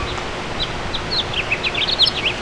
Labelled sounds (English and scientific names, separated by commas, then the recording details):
House Finch (Haemorhous mexicanus) song
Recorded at Great River on Long Island, New York, on 19 June 2013
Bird A